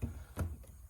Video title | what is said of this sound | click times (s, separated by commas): 10th Gen Civic Si Smoked Marker Lights Install | this part was pretty tight on the other side you'll hear it pop | 0.4 s